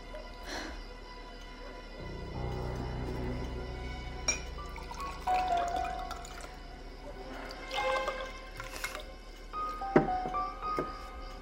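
Liquid pours steadily into a glass as a drink is poured for a toast, a low gurgling stream that shifts in pitch as the glass fills, with faint clinks and small splashes toward the end.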